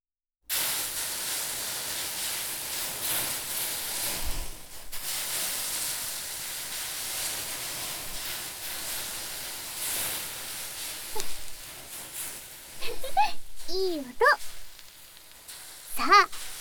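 Water poured onto hot sauna stones during an Aufguss sizzles in a loud, steady hiss of steam lasting several seconds, then thins out as a few squeaky, honk-like wavering tones break through near the end.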